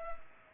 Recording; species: mosquito wingbeat signal from an infrared sensor; Culex pipiens